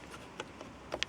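A plastic SLIC3D phone holder replacing the dashboard trim of a Ford Fiesta MK7 is rested on its lower tabs and pushed in until its upper clips engage. Faint ticks and rustles at about 0.4, 0.6 and 0.9 seconds lead to a sharp, loud click at 1.0 seconds as the clips snap in and the trim piece seats in the dashboard.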